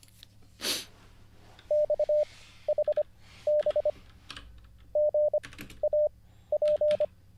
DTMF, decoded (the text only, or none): none